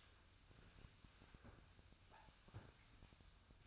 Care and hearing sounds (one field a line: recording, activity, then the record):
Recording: daily activity, microphone in the room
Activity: sweep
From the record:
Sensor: 2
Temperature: 24.0 degrees Celsius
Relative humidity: 35.5%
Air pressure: 1004.6 hPa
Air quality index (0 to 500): 91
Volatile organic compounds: 2 ppm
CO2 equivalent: 1097 ppm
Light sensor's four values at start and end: 6/14/5/5 and 6/15/6/6